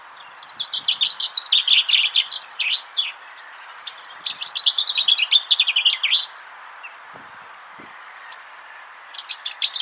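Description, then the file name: Common chaffinch song: two rattling phrases of rapid notes separated by a short pause, with a third phrase beginning near the end. "Fringilla coelebs"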